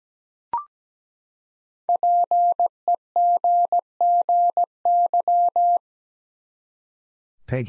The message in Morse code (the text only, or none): PEGGY